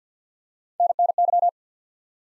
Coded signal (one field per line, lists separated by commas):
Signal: Morse code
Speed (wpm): 50 wpm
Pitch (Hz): 700 Hz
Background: none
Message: NNY